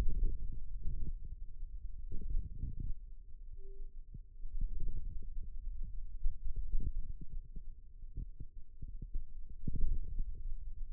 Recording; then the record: forearm muscle sounds (acoustic myography)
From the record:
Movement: radial deviation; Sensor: system 2, bracelet of six BSWA MPA416 microphones around the upper forearm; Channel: 4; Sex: male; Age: 22 years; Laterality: right